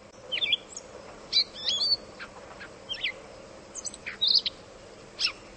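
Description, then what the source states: Gray Catbird song: a rambling run of squeaky, scratchy high phrases, varied and jumbled, delivered in quick irregular bursts with brief gaps. Talkative, squirrely mimid imitating songs, including red-eyed vireo and goldfinch, filtered through a squeaky tone; nesting by the river outside the studio.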